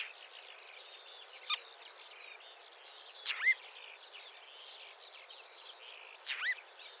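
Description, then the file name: Marsh warbler song, a steady scratchy chatter of mixed notes with a few louder, sharper notes standing out. "suara kicauan burung marsh warbler. omkicau"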